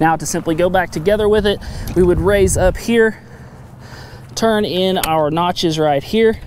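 Someone talks while the folding handle of a Stihl AK-series battery lawn mower is raised and turned into the height-adjust notches on the mower frame, with a quieter pause in the middle. The handle has not locked in yet, and nothing has seated or clicked by the end of the clip.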